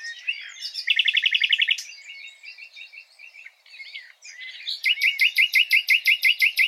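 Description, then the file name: Common nightingale song: a fast buzzy trill, varied quieter phrases, then a long run of loud, evenly repeated ringing notes. "Luscinia megarhynchos"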